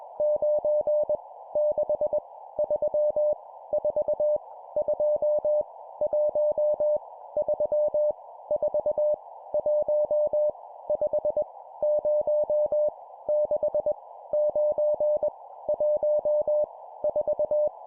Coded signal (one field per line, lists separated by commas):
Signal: Morse code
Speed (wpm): 21 wpm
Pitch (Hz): 600 Hz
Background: none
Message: 9 6 3 4 2 1 3 4 1 5 0 6 9 1 4